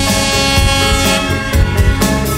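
air horn blast

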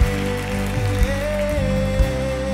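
audience applauding

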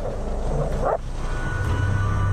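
dog barking

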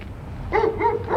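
dog barking

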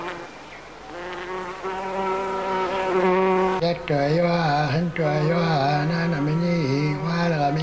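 housefly buzzing

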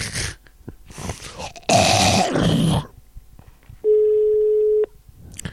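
phone ringing tone

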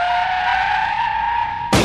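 car skidding and crashing

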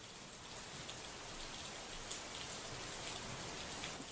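heavy rain

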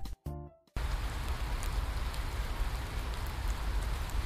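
rain falling

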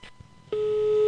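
telephone ringback tone

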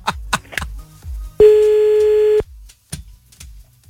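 telephone ringing tone

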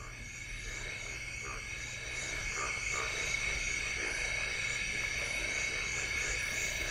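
frog croaking

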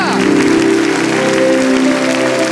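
audience applause and cheering

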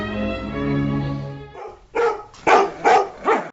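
dogs barking

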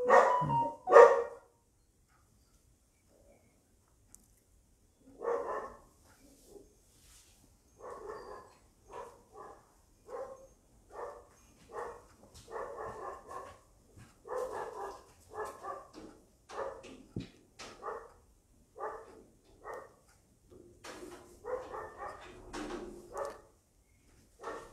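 dog barking

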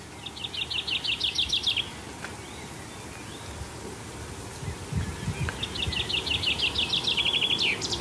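chaffinch song

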